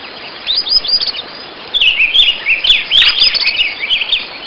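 Bird calls: quick, high, twittering chirps in a short burst, a pause, then a longer run of sharp, slurred notes over faint background hiss.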